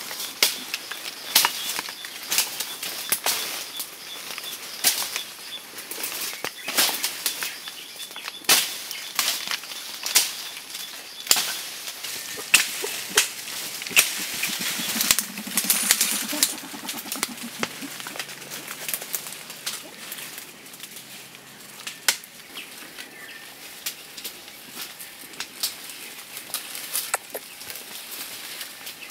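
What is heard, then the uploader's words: Eastern lowland gorillas in the Democratic Republic of Congo, heard through a dense run of sharp snaps, cracks and rustles, like vegetation being broken and handled. A short low grunting sound rises around fifteen seconds, and a steady high hiss continues underneath throughout. Eastern Lowland Gorillas in the Democratic Republic of Congo.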